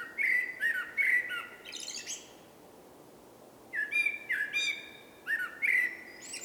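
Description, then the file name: Common blackbird song: mellow fluted whistles with high scratchy twitters, two phrases separated by a pause of about a second and a half. "Turdus merula"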